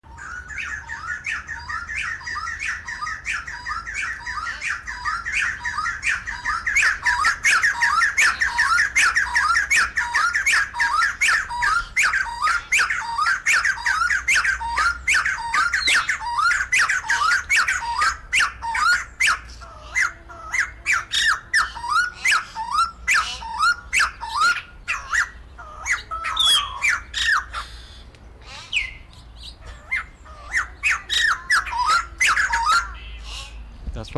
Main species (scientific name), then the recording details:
Garrulax leucolophus. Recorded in captivity. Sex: pair. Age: adult. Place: Zoo Halle, Sachsen-Anhalt, DE. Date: 1998-04-16 17:03. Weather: overcast, ca. 12°C. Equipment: Sony MD-WM MZ-R3, Sennheiser MKH 416 T, Kopie Uher 4000 Report Monitor. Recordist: Tembrock, Günter